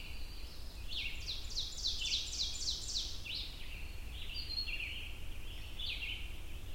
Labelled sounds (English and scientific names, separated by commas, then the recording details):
Ovenbird (Seiurus aurocapilla) song
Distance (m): 45 m
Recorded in boreal forest in Alberta, Canada, on 22 June 2016 at 05:26
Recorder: SongMeter 3, array SBT-6-76
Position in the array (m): 149 m, 104 m
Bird 3